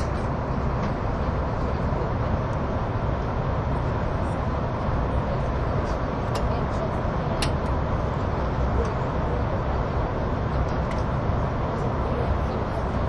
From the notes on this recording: the train on the Gotthard Tobasis Tunnel route